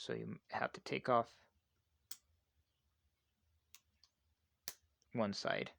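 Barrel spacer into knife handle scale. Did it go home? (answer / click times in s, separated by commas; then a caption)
yes / 4.7 s. Metal barrel spacers are pressed back into a folding knife handle scale during reassembly, with one side of the handle taken off so they can snap in. Someone talks, then small clicks sound through a quiet stretch, and a sharp snap at 4.7 s marks a spacer seating into place before the talking resumes.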